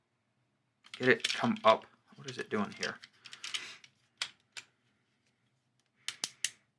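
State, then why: Seated. A takedown pin is reinserted and rotated into the frame and slide of a Smith & Wesson Bodyguard 380 compact pistol during reassembly while someone talks, and a first attempt does not lock. After the slide is worked, a sharp metallic click at 6.5 s marks the pin seating and locking the slide in place. The slide had not been at the exact locking spot before it was reset.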